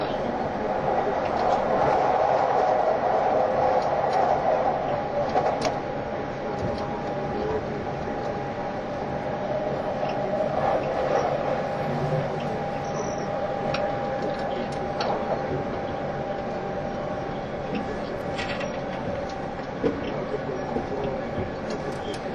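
A train runs steadily with a continuous rumble and a sustained tone, plus occasional sharp clicks and squeaks scattered throughout.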